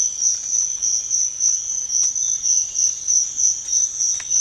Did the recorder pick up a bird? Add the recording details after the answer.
no. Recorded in pastures near Puerto Asís, Putumayo, Colombia, on 8 March 2025 at 06:00. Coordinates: 0.502, -76.324. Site GP07